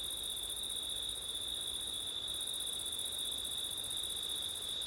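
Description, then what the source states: Crickets trilling continuously in a steady high-pitched chorus, with a second very high shimmering band above and a soft wash of background noise. Crickets singing on a September night, with wind.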